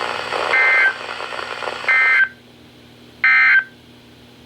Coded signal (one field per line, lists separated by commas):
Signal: Emergency Alert System (SAME) tones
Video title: EAS #1381-#1386: Winter Hazard Time! | KHB36 & WNG736